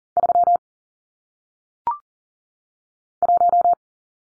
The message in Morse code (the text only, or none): 3 1